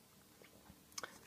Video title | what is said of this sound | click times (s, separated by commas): Dji mini 2 how to remove gimbal cover & strap then place them back on quad tutorial simplified | so that it goes in there and then it's as easy as one little click and it goes into place like that | 1.0 s